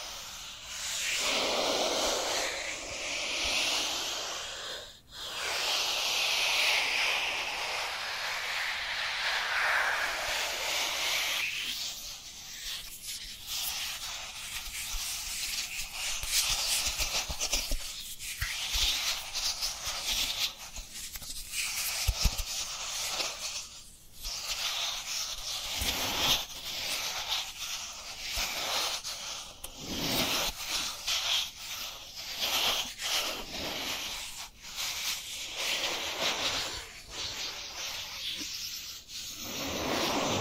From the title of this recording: Dry Dry Dry Hand Sounds